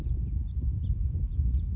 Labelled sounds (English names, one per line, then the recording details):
House Finch
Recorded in Sonoma County, California